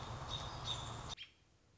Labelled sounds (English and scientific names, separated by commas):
American Robin (Turdus migratorius)